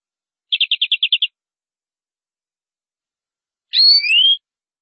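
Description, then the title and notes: Canary singing a quick run of about eight evenly spaced notes, then after a pause a smooth rising whistled phrase. "BM Suara Kenari. BM Suara Burung Kenari"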